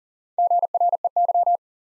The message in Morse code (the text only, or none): GREY